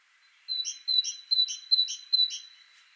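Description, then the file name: Great tit song: a run of five quick two-note phrases, a thin high whistle followed by a sharper buzzy note, about two and a half per second. "Parus major"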